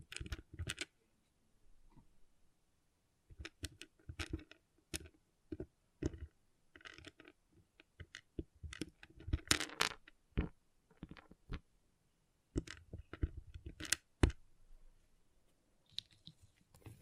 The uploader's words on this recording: ASMR Relaxing Pixel Art Beads ( No Talking).